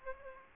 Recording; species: mosquito wingbeat signal from an infrared sensor; Aedes aegypti